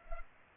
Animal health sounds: mosquito wingbeat signal from an infrared sensor; Culex pipiens

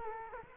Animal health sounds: mosquito wingbeat signal from an infrared sensor; Culex quinquefasciatus

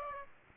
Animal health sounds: mosquito wingbeat signal from an infrared sensor; Aedes aegypti

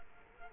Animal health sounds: mosquito wingbeat signal from an infrared sensor; Culex quinquefasciatus

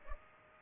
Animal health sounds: mosquito wingbeat signal from an infrared sensor; Culex pipiens

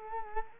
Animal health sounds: mosquito wingbeat signal from an infrared sensor; Culex quinquefasciatus

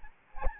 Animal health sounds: mosquito wingbeat signal from an infrared sensor; Aedes albopictus

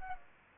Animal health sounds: mosquito wingbeat signal from an infrared sensor; Aedes aegypti

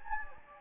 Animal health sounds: mosquito wingbeat signal from an infrared sensor; Anopheles gambiae

